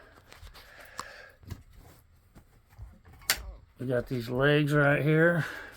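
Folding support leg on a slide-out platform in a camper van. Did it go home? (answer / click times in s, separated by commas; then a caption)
no / none. Folding support legs on a slide-out platform in a 2000 Ford E450 converted camper van are handled, with light taps and a sharp knock around 3.3 s, and then someone talks. The clip ends before the legs lock into place, so nothing has seated yet.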